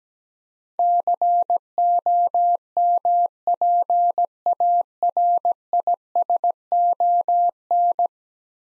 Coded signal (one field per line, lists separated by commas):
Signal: Morse code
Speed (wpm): 17 wpm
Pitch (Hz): 700 Hz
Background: none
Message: COMPARISON